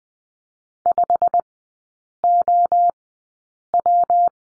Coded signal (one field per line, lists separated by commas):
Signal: Morse code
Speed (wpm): 20 wpm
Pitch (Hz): 700 Hz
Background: none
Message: 5OW